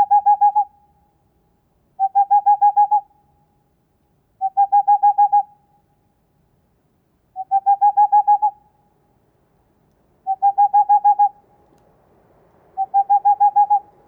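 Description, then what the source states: Tengmalm's owl giving six rapid runs of mellow hoots, each run of around seven notes, repeated every two to three seconds; faint background hiss appears near the end. Hooting of a male.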